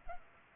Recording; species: mosquito wingbeat signal from an infrared sensor; Culex pipiens